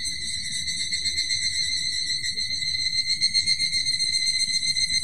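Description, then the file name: Evening cicada calling in rapid, regular high-pitched pulses that continue throughout and grow stronger toward the end, with a constant high tone beneath. "higurashi"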